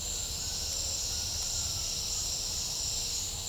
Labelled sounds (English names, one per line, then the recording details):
none
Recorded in pastures near Puerto Asís, Putumayo, Colombia, on 26 December 2024 at 08:30
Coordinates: 0.496, -76.326
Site G004